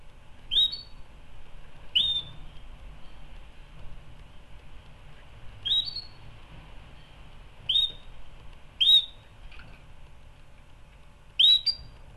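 Canary giving short rising whistles, a few with a higher second note, six in twelve seconds at irregular gaps, with soft ticking in the background.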